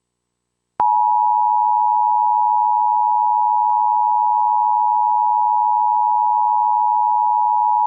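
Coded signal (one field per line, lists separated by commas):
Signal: Emergency Alert System (SAME) tones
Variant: 853 and 960 Hz attention tone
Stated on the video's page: National EAS test activation captured from a Seattle TV station.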